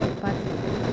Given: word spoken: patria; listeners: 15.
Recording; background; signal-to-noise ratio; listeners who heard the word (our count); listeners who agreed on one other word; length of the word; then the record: one Spanish word in noise, from a listening test; noise modulated by three-talker babble; -4.8 dB; 2 of 15; 6 of 15; 0.53 s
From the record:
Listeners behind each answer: 6, 2, 1, 1, 1, 1, 1, 1, 1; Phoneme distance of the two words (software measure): 17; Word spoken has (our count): 2 syllables, 6 phonemes, stress on syllable 1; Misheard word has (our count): 2 syllables, 5 phonemes, stress on syllable 1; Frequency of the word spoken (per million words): 49.20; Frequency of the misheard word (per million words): 38.90